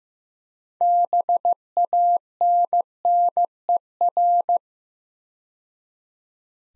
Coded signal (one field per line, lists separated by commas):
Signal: Morse code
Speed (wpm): 15 wpm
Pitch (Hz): 700 Hz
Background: none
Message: BANNER